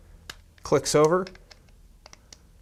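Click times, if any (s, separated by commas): 0.3 s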